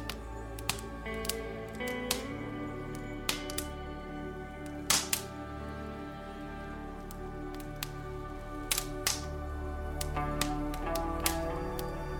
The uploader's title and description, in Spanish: Sonidos de una CHIMENEA y MÚSICA Relajante. Sonidos del fuego y la suave música